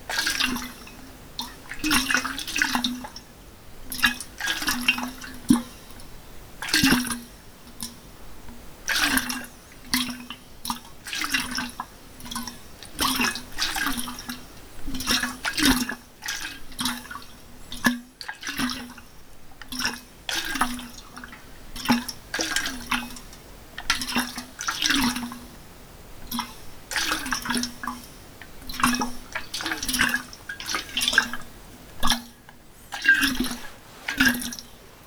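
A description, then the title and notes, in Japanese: Water sounds continue throughout, made of quick irregular splashes and drips that arrive several times a second. Each splash has a bright, crisp top over a small hollow low plop, clear, with brief quieter gaps between bursts and no other sounds. 水の音。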